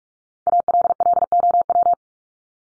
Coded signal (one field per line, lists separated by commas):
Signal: Morse code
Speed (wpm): 44 wpm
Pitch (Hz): 700 Hz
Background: none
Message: ALLOW